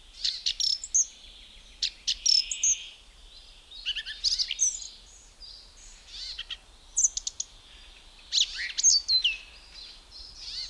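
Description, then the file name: Song Thrush singing sharp, high whistled notes and squeaky trills in short bursts, with pauses between phrases. "Zvuki ptic - Pevchij drozd"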